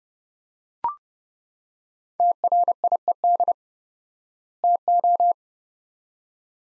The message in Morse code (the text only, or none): TRIED TO